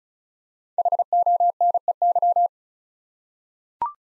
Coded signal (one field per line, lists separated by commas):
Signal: Morse code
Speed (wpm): 36 wpm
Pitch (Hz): 700 Hz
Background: none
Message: HONEY